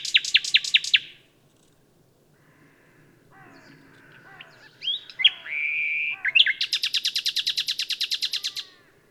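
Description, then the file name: Common nightingale song: a rapid rattling series, quiet pause, then varied whistles and a long fast trill of repeated notes over faint low background noise. "Luscinia megarhynchos"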